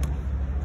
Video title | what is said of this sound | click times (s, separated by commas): Autosleeper Gloucester handover video part 1 | just push it all the way back until you hear that click | 0.0 s